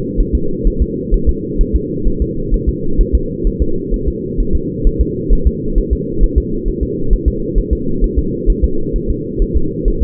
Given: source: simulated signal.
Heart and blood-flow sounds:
fetal heart sounds
0.20 s: S1
0.35 s: S2
0.67 s: S1
0.82 s: S2
1.14 s: S1
1.29 s: S2
1.61 s: S1
1.75 s: S2
2.08 s: S1
2.22 s: S2
2.54 s: S1
2.69 s: S2
3.01 s: S1
3.15 s: S2
3.47 s: S1
3.62 s: S2
3.94 s: S1
4.08 s: S2
4.40 s: S1
4.55 s: S2
4.87 s: S1
5.01 s: S2
5.33 s: S1
5.47 s: S2
5.78 s: S1
5.93 s: S2
6.24 s: S1
6.38 s: S2
6.69 s: S1
6.83 s: S2
7.13 s: S1
7.28 s: S2
7.58 s: S1
7.73 s: S2
8.04 s: S1
8.19 s: S2
8.50 s: S1
8.64 s: S2
8.96 s: S1
9.10 s: S2
9.42 s: S1
9.56 s: S2
9.88 s: S1
10.03 s: S2
From the record:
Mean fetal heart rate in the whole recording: 130 bpm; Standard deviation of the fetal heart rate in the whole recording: 2 bpm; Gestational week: 38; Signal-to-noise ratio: -8.1 dB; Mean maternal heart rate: 72 bpm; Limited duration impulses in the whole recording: absent

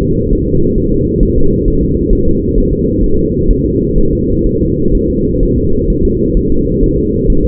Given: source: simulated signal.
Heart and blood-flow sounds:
fetal heart sounds
0.02 s: S2
0.33 s: S1
0.47 s: S2
0.78 s: S1
0.93 s: S2
1.23 s: S1
1.38 s: S2
1.68 s: S1
1.83 s: S2
2.13 s: S1
2.28 s: S2
2.58 s: S1
2.73 s: S2
3.04 s: S1
3.19 s: S2
3.51 s: S1
3.65 s: S2
3.98 s: S1
4.13 s: S2
4.47 s: S1
4.61 s: S2
4.95 s: S1
5.10 s: S2
5.43 s: S1
5.58 s: S2
5.90 s: S1
6.05 s: S2
6.37 s: S1
6.52 s: S2
6.84 s: S1
6.98 s: S2
7.30 s: S1
7.45 s: S2
From the record:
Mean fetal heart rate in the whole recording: 130 bpm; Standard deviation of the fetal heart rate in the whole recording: 4 bpm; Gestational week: 38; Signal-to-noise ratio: -16.4 dB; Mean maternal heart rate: 72 bpm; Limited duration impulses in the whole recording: present

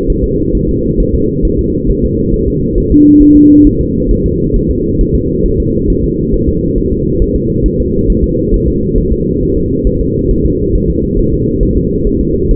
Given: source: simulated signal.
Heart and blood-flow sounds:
fetal heart sounds
0.10 s: S1
0.24 s: S2
0.55 s: S1
0.69 s: S2
1.00 s: S1
1.14 s: S2
1.45 s: S1
1.59 s: S2
1.90 s: S1
2.04 s: S2
2.34 s: S1
2.48 s: S2
2.78 s: S1
2.92 s: S2
3.22 s: S1
3.37 s: S2
3.67 s: S1
3.81 s: S2
4.12 s: S1
4.26 s: S2
4.56 s: S1
4.70 s: S2
5.01 s: S1
5.15 s: S2
5.46 s: S1
5.60 s: S2
5.90 s: S1
6.04 s: S2
6.34 s: S1
6.48 s: S2
6.78 s: S1
6.92 s: S2
7.22 s: S1
7.36 s: S2
7.66 s: S1
7.80 s: S2
8.10 s: S1
8.24 s: S2
8.54 s: S1
8.68 s: S2
8.98 s: S1
9.12 s: S2
9.43 s: S1
9.57 s: S2
9.87 s: S1
10.01 s: S2
10.31 s: S1
10.45 s: S2
10.75 s: S1
10.90 s: S2
11.19 s: S1
11.33 s: S2
11.63 s: S1
11.77 s: S2
12.07 s: S1
12.21 s: S2
12.51 s: S1
From the record:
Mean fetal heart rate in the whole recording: 135 bpm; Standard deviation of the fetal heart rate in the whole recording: 3 bpm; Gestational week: 36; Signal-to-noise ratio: -10.2 dB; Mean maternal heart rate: 72 bpm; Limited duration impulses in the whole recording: present

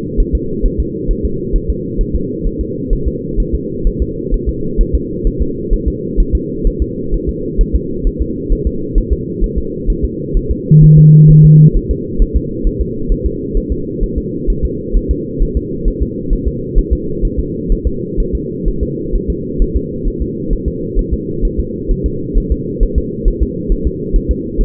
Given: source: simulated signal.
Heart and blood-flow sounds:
fetal heart sounds
0.20 s: S1
0.35 s: S2
0.66 s: S1
0.80 s: S2
1.11 s: S1
1.25 s: S2
1.56 s: S1
1.70 s: S2
2.01 s: S1
2.16 s: S2
2.47 s: S1
2.61 s: S2
2.93 s: S1
3.08 s: S2
3.40 s: S1
3.55 s: S2
3.87 s: S1
4.02 s: S2
4.34 s: S1
4.49 s: S2
4.81 s: S1
4.95 s: S2
5.27 s: S1
5.42 s: S2
5.73 s: S1
5.88 s: S2
6.20 s: S1
6.35 s: S2
6.67 s: S1
6.82 s: S2
7.14 s: S1
7.29 s: S2
7.61 s: S1
7.75 s: S2
8.07 s: S1
8.22 s: S2
8.53 s: S1
8.67 s: S2
8.98 s: S1
9.13 s: S2
9.44 s: S1
9.58 s: S2
9.90 s: S1
10.05 s: S2
10.37 s: S1
10.51 s: S2
10.84 s: S1
10.98 s: S2
11.31 s: S1
11.45 s: S2
11.77 s: S1
11.91 s: S2
12.22 s: S1
12.36 s: S2
12.67 s: S1
12.81 s: S2
13.12 s: S1
13.26 s: S2
13.57 s: S1
13.72 s: S2
14.03 s: S1
14.18 s: S2
14.50 s: S1
14.65 s: S2
14.97 s: S1
15.11 s: S2
15.42 s: S1
15.57 s: S2
15.88 s: S1
16.02 s: S2
16.33 s: S1
16.48 s: S2
16.78 s: S1
16.93 s: S2
17.25 s: S1
17.39 s: S2
17.72 s: S1
17.87 s: S2
18.20 s: S1
18.35 s: S2
18.68 s: S1
18.83 s: S2
19.15 s: S1
19.30 s: S2
19.62 s: S1
19.77 s: S2
20.08 s: S1
20.22 s: S2
20.53 s: S1
20.68 s: S2
20.99 s: S1
21.14 s: S2
21.45 s: S1
21.60 s: S2
21.91 s: S1
22.06 s: S2
22.38 s: S1
22.52 s: S2
22.83 s: S1
22.98 s: S2
23.28 s: S1
23.43 s: S2
23.72 s: S1
23.87 s: S2
24.16 s: S1
24.31 s: S2
24.61 s: S1
From the record:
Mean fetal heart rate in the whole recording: 130 bpm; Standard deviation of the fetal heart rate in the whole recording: 4 bpm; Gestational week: 38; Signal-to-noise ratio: -6.6 dB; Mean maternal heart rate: 72 bpm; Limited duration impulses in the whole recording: present

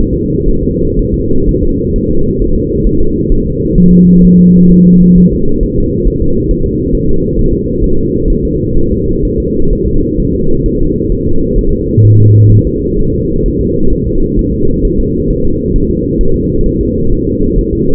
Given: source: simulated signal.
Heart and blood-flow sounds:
fetal heart sounds
0.13 s: S2
0.49 s: S1
0.63 s: S2
0.99 s: S1
1.14 s: S2
1.49 s: S1
1.63 s: S2
1.96 s: S1
2.11 s: S2
2.42 s: S1
2.56 s: S2
2.87 s: S1
3.01 s: S2
3.32 s: S1
3.47 s: S2
3.78 s: S1
3.93 s: S2
4.25 s: S1
4.39 s: S2
4.72 s: S1
4.86 s: S2
5.18 s: S1
5.33 s: S2
5.63 s: S1
5.78 s: S2
6.08 s: S1
6.22 s: S2
6.51 s: S1
6.66 s: S2
6.95 s: S1
7.09 s: S2
7.39 s: S1
7.53 s: S2
7.84 s: S1
7.99 s: S2
8.30 s: S1
8.45 s: S2
8.78 s: S1
8.92 s: S2
9.25 s: S1
9.40 s: S2
9.73 s: S1
9.87 s: S2
10.20 s: S1
10.34 s: S2
10.66 s: S1
10.81 s: S2
11.12 s: S1
11.27 s: S2
11.59 s: S1
11.73 s: S2
12.05 s: S1
12.20 s: S2
12.52 s: S1
12.67 s: S2
12.99 s: S1
13.14 s: S2
13.46 s: S1
13.61 s: S2
13.93 s: S1
14.07 s: S2
14.39 s: S1
14.54 s: S2
14.85 s: S1
15.00 s: S2
15.31 s: S1
15.45 s: S2
15.76 s: S1
15.90 s: S2
16.21 s: S1
16.36 s: S2
16.66 s: S1
16.81 s: S2
17.12 s: S1
17.27 s: S2
17.58 s: S1
17.73 s: S2
From the record:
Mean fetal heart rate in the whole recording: 130 bpm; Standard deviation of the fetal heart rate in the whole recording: 4 bpm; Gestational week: 38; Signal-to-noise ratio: -17.7 dB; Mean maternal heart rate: 72 bpm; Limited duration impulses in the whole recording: present

